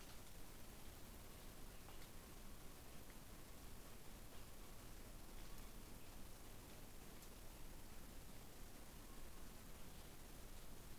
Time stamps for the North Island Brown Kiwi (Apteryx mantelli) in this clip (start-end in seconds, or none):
none